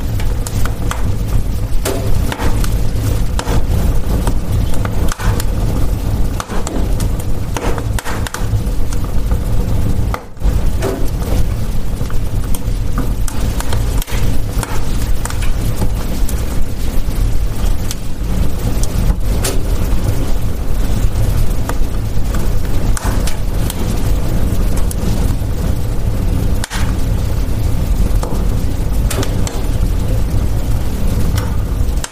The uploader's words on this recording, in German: Kaminfeuerknistern. Erlebe die wohlige Atmosphäre einer adventlichen Nacht mit dem beruhigenden Knistern eines Kaminfeuers.